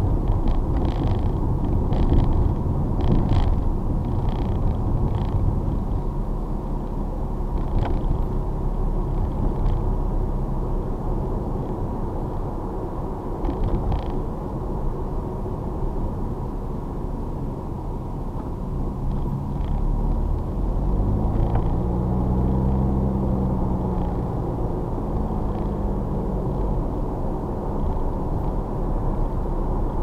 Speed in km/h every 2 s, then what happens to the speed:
31, 27, 29, 32, 35, 40, 39, 34, 27, 23, 31, 40, 45, 45, 48.
3-9 speeds up to 40. 12-18 slows to 23. 18-30 speeds up to 48.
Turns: 0-5.